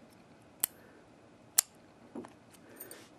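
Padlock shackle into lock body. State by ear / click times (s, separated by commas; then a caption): seated / 1.6 s. The metal shackle of a vintage US mail padlock is pushed down into the lock body, with a sharp metallic click at 0.6 s and a louder snap at 1.6 s as it locks into place. Softer handling clicks and rattles follow.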